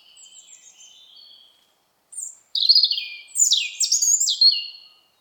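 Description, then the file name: European robin song: soft thin trill and whistle, then a strong cascade of high, fluty notes that sweep down and rise again. "Erithacus rubecula"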